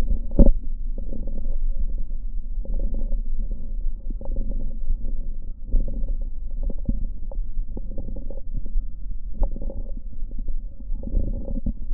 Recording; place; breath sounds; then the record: lung sounds by stethoscope; left posterior lower chest; crackles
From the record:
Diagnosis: heart failure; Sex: male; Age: 56 years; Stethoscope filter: diaphragm mode, 100 to 500 Hz